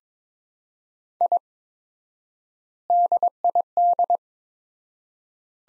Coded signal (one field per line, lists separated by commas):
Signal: Morse code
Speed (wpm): 22 wpm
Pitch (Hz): 700 Hz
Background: none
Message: I DID